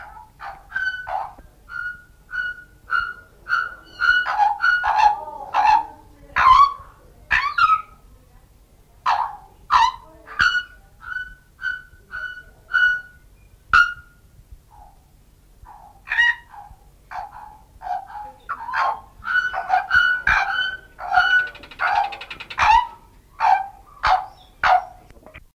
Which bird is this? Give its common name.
Bare-throated Bellbird